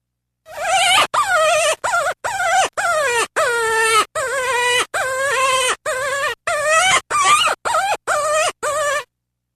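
Cottontail rabbit squealing: many loud, harmonic cries with wavering, slightly falling pitch, separated by abrupt silent breaks.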